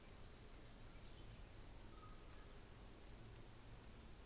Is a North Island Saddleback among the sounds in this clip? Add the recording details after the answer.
no. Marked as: faintness 4/5. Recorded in New Zealand on 24 December 2018. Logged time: 14:00